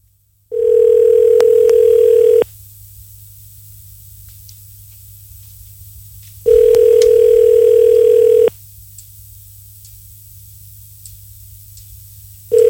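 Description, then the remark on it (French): A telephone ringback tone on a redialed call: a steady, low-pitched electronic tone sounding in loud bursts of about two seconds, separated by longer silences, repeating three times with no talking. “Recompose le numéro de téléphone, mec.”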